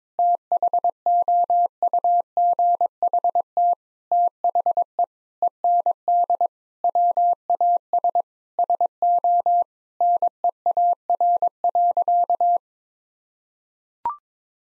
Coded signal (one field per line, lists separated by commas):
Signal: Morse code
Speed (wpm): 22 wpm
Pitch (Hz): 700 Hz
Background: none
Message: THOUGHT THE END WAS SO NEAR.